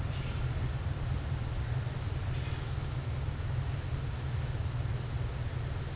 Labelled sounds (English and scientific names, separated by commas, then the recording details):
none
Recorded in dense forest near Puerto Asís, Putumayo, Colombia, on 26 December 2024 at 14:00
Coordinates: 0.468, -76.322
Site G071